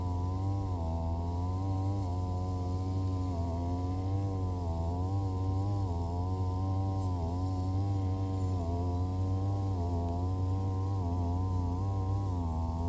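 A brush cutter runs steadily, its strong low drone holding a buzzing whine that wavers slightly as it sweeps through grass without pause.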